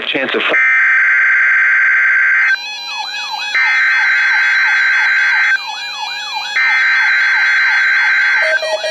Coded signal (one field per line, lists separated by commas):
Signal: Emergency Alert System (SAME) tones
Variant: header bursts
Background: speech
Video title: Required Weekly Test - 05/22/19 (EAS #1,845)